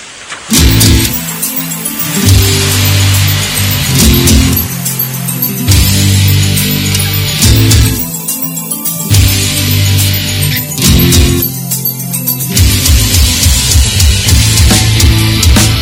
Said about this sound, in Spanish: Y esta banda que hace un rock andaluz bastante comercialoide, pero también bastante agradable.